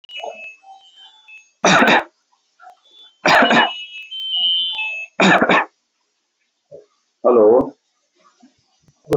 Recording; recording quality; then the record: heavy voluntary cough; excellent, no background noise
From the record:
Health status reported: exposed to COVID-19, no respiratory illness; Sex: male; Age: 31 years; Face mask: not worn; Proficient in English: yes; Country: India